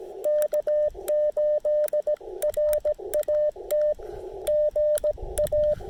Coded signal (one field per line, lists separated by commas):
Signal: Morse code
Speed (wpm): 17 wpm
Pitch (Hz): 600 Hz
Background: radio noise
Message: K8RAT GA